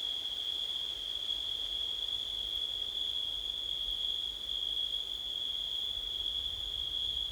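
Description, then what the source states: An unbroken cricket trill rings high and level throughout, with faint low rumble and hiss. Recorded on a windy night in September.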